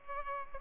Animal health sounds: mosquito wingbeat signal from an infrared sensor; Culex pipiens

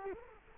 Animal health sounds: mosquito wingbeat signal from an infrared sensor; Culex quinquefasciatus

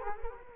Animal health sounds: mosquito wingbeat signal from an infrared sensor; Culex quinquefasciatus

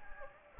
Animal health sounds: mosquito wingbeat signal from an infrared sensor; Anopheles gambiae

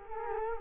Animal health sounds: mosquito wingbeat signal from an infrared sensor; Culex quinquefasciatus

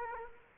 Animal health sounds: mosquito wingbeat signal from an infrared sensor; Culex quinquefasciatus

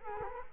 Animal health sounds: mosquito wingbeat signal from an infrared sensor; Culex quinquefasciatus

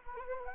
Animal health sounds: mosquito wingbeat signal from an infrared sensor; Anopheles arabiensis

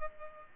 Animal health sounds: mosquito wingbeat signal from an infrared sensor; Culex pipiens

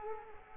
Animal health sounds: mosquito wingbeat signal from an infrared sensor; Culex quinquefasciatus

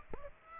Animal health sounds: mosquito wingbeat signal from an infrared sensor; Aedes aegypti

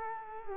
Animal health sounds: mosquito wingbeat signal from an infrared sensor; Culex quinquefasciatus

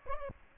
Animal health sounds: mosquito wingbeat signal from an infrared sensor; Aedes albopictus

